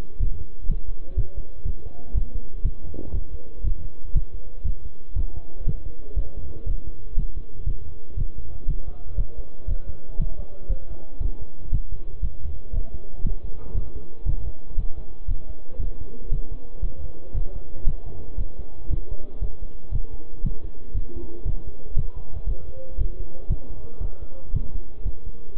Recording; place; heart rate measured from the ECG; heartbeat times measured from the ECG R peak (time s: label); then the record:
heart sounds by stethoscope; between the tricuspid and mitral areas; 118 bpm
0.21 s: heartbeat
0.70 s: heartbeat
1.18 s: heartbeat
1.66 s: heartbeat
2.16 s: heartbeat
2.65 s: heartbeat
3.14 s: heartbeat
3.65 s: heartbeat
4.16 s: heartbeat
4.66 s: heartbeat
5.17 s: heartbeat
5.67 s: heartbeat
6.17 s: heartbeat
6.67 s: heartbeat
7.18 s: heartbeat
7.68 s: heartbeat
8.18 s: heartbeat
8.69 s: heartbeat
9.18 s: heartbeat
9.69 s: heartbeat
10.20 s: heartbeat
10.70 s: heartbeat
11.22 s: heartbeat
11.73 s: heartbeat
12.24 s: heartbeat
12.74 s: heartbeat
13.25 s: heartbeat
13.76 s: heartbeat
14.27 s: heartbeat
14.78 s: heartbeat
15.29 s: heartbeat
15.81 s: heartbeat
16.32 s: heartbeat
16.83 s: heartbeat
17.35 s: heartbeat
17.87 s: heartbeat
18.39 s: heartbeat
18.91 s: heartbeat
19.42 s: heartbeat
19.93 s: heartbeat
20.45 s: heartbeat
20.95 s: heartbeat
21.47 s: heartbeat
21.97 s: heartbeat
22.48 s: heartbeat
22.99 s: heartbeat
23.50 s: heartbeat
24.02 s: heartbeat
24.54 s: heartbeat
25.06 s: heartbeat
25.57 s: heartbeat
From the record:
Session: bicycle stress test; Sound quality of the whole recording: good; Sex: male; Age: 23 years